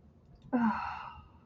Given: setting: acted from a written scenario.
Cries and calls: vocal sound without words; serenity

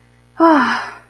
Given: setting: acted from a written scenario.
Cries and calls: vocal sound without words; relief

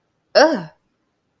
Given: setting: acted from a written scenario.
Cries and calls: vocal sound without words; negative surprise

